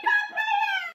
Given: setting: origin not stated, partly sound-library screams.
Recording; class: one-second piece from a danger detection set; woman in danger